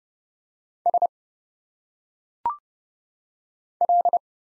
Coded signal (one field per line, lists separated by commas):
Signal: Morse code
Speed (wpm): 29 wpm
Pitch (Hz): 700 Hz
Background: none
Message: S L